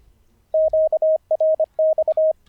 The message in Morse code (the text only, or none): QRX